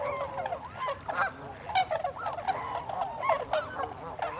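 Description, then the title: Tundra swans giving curved, mellow honks, several distinct rising-and-falling notes over a few seconds against more calling birds. Recorded 26 December 2020. "2020-12-26-Tundra-Swans"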